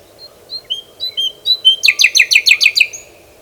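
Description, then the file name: Common nightingale song: a few soft, high piping whistles building into a loud, rapid series of sharp repeated notes, with a steady low background hum. "Luscinia megarhynchos"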